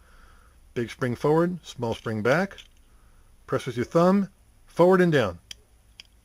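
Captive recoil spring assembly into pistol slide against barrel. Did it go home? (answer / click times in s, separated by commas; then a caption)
yes / 6.0 s. Someone talks while reassembling a Springfield Armory XD9 pistol, pressing the captive recoil spring assembly (big spring forward, small spring back) forward and down with a thumb into the slide. A sharp metal click at 6.0 s marks the assembly seating against the barrel in the slide, snapped into position.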